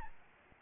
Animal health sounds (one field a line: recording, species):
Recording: mosquito wingbeat signal from an infrared sensor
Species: Aedes albopictus